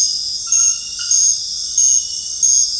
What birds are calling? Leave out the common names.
none